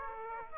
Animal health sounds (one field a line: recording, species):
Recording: mosquito wingbeat signal from an infrared sensor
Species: Aedes aegypti